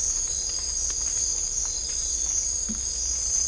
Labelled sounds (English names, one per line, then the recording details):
none
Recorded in dense forest near Puerto Asís, Putumayo, Colombia, on 18 December 2024 at 02:30
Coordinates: 0.500, -76.322
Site G053